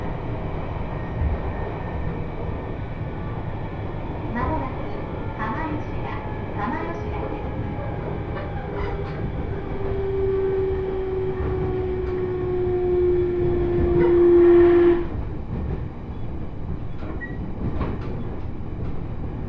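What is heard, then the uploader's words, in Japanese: A ride on the Joban Line train from Sendai toward Hamayoshida: a steady low rumble of the carriage with scattered clicks and knocks from the rails. A drawn-out squeal slides slowly downward from about eight to fifteen seconds, growing louder before stopping abruptly. 鉄道旅 常磐線 仙台→浜吉田。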